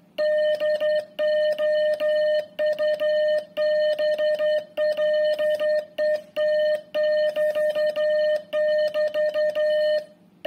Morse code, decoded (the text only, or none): DOUBLET <BT> <BT>